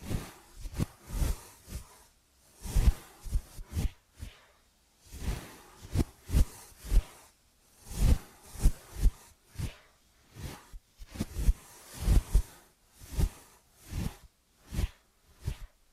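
Ear and scalp massage with cleaning, made of short rubbing and tapping sounds that come in quick clusters every second or so, with brief quiet gaps between them. Each stroke carries a dull thump underneath and a soft, bright brushing texture on top.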